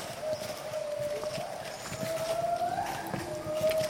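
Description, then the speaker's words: Kloss's gibbon female song: a long, pure whistled tone that holds level, rises briefly late on, then settles back. Female song; a gibbon from Mentawai, Indonesia, one of the most threatened there; the male is silent here and would normally take over after one or two seconds of silence. "Ça c'est le chant de la femelle."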